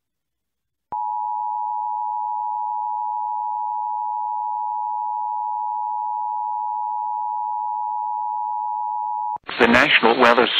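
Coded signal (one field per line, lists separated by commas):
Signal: Emergency Alert System (SAME) tones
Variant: 853 and 960 Hz attention tone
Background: speech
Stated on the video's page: Required Weekly Test from NOAA Weather Radio transmitter at Sand Point, Alaska, 162.550 MHz, Anchorage forecast office.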